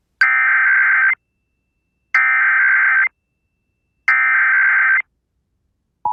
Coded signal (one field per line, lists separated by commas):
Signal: Emergency Alert System (SAME) tones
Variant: header bursts